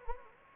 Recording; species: mosquito wingbeat signal from an infrared sensor; Anopheles gambiae